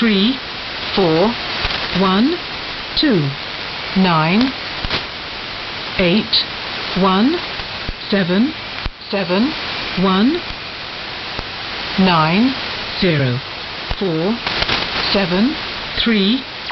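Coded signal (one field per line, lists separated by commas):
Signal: numbers station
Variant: English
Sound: a voice reading digit groups one by one, evenly paced, over hissy radio noise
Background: radio static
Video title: UNID Numbers station 6920kHz AM 26-01-2013 1929z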